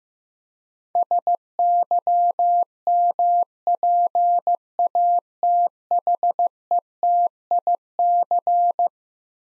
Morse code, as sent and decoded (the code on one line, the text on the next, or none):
... -.-- -- .--. .- - .... . - .. -.-.
SYMPATHETIC